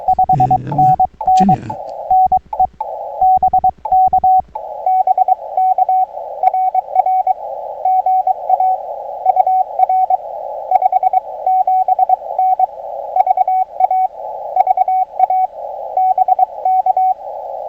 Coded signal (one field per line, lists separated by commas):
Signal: Morse code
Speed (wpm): 23 wpm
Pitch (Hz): 750 Hz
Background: radio noise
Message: 5NN NE BK BK RR GA UR 57N VA VA BK